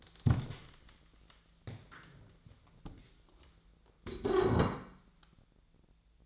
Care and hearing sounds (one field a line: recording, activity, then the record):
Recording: daily activity, microphone in the room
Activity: stand up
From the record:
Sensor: 3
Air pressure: 1000.4 hPa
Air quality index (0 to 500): 170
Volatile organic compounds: 3 ppm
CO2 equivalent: 1484 ppm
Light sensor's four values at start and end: 14/32/14/14 and 14/32/13/14